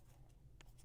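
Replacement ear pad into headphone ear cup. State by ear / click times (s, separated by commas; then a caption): seated / 0.6 s. A red replacement inner ear pad is worked by hand around the rim of a Bose QuietComfort headphone ear cup until its plastic clips snap in. Against a low, steady rustle, one short, bright snap is heard at 0.6 s, and the pad is seated.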